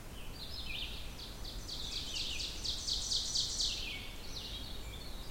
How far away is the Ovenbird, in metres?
about 55 m